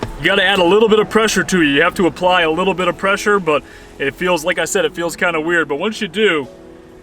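A travel guitar's removable neck is guided by hand into the body socket with a little pressure while someone talks throughout. The neck has not yet seated or clicked into place.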